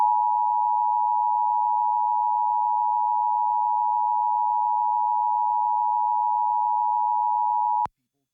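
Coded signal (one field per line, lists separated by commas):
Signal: Emergency Alert System (SAME) tones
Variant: 853 and 960 Hz attention tone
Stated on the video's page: Required monthly tests recorded off air with an SDR from several FM radio and TV stations.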